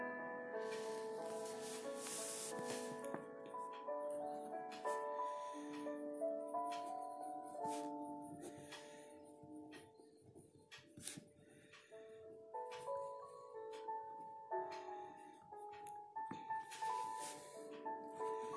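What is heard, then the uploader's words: Soft piano notes hold and overlap in a gentle mid-range melody, shifting chords every couple of seconds and dipping quieter around ten seconds. Brief scratchy pencil strokes and papery rustles cut through repeatedly, busiest near the start and again toward the end. Kpop piano study session, pencil asmr, page turning. It was actually 4:30 or so in the morning when I recorded this.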